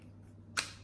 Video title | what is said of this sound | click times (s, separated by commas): Tuxton Tactical Makes Awesome Gear | pops right in and it does not come out locks in are very well very secure and this sheath | 0.6 s